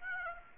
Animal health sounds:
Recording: mosquito wingbeat signal from an infrared sensor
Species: Aedes aegypti

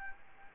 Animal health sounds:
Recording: mosquito wingbeat signal from an infrared sensor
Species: Aedes albopictus

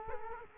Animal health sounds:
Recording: mosquito wingbeat signal from an infrared sensor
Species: Culex quinquefasciatus

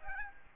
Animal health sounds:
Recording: mosquito wingbeat signal from an infrared sensor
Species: Aedes albopictus

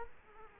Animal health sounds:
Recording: mosquito wingbeat signal from an infrared sensor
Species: Culex quinquefasciatus

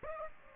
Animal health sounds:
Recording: mosquito wingbeat signal from an infrared sensor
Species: Aedes aegypti

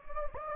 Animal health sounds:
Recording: mosquito wingbeat signal from an infrared sensor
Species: Anopheles gambiae

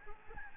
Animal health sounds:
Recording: mosquito wingbeat signal from an infrared sensor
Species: Aedes albopictus

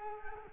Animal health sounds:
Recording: mosquito wingbeat signal from an infrared sensor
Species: Culex quinquefasciatus

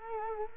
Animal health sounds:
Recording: mosquito wingbeat signal from an infrared sensor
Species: Culex quinquefasciatus

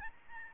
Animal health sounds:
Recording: mosquito wingbeat signal from an infrared sensor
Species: Aedes albopictus

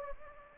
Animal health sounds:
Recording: mosquito wingbeat signal from an infrared sensor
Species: Anopheles gambiae

